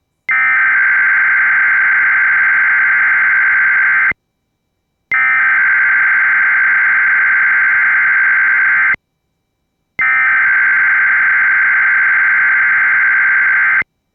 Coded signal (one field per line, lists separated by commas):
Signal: Emergency Alert System (SAME) tones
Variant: header bursts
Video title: BEST EAS E V E R